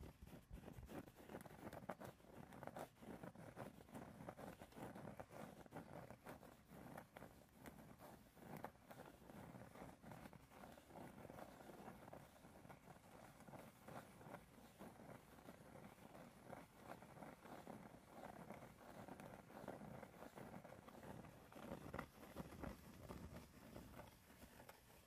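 Dense, continuous tapping and scratching runs the whole time, busy irregular clicks over a rough, rustling bed, a few sharper taps standing out near twenty-two seconds.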